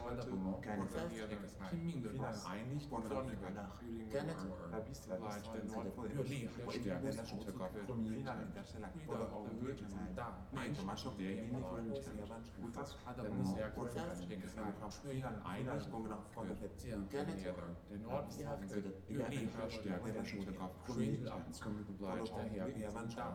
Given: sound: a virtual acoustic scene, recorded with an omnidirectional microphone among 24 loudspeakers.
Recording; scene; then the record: noise of the scene; underground station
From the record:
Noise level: 70 dB SPL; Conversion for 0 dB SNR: 0.7 dB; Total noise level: 70.7 dB SPL